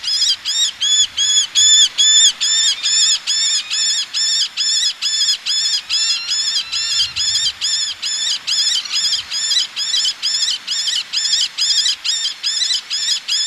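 Eleonora's falcon calling, a fast run of harsh, nasal kek notes repeated about twice a second throughout, steady and insistent, with no other sounds standing out.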